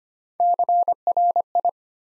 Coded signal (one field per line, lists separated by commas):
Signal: Morse code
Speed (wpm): 25 wpm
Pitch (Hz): 700 Hz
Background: none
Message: CRI